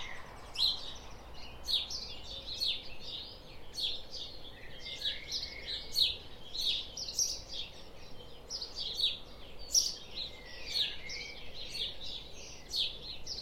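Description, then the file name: House sparrow chirps, many short bright notes in a continuous busy chatter over a low steady background noise. "Passer domesticus"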